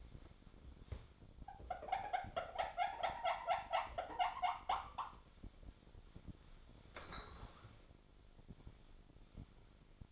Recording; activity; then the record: daily activity, microphone in the room; wipe stove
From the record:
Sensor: 5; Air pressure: 1007.1 hPa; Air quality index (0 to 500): 174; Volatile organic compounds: 4 ppm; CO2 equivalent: 1663 ppm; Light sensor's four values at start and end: 51/139/55/56 and 53/144/57/58